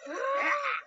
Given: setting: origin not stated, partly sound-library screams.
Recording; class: one-second piece from a danger detection set; woman in danger